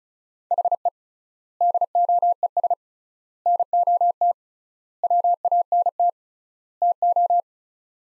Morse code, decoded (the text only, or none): HE DOES NOT WANT TO